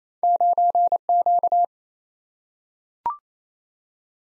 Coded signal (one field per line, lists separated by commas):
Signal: Morse code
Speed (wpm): 28 wpm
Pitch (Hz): 700 Hz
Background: none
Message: 9Q